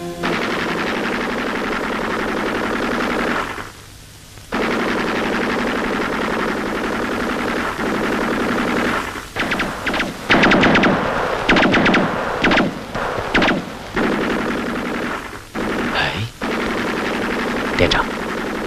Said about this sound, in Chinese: 发现了我们？ 不，这是敌人值班机枪。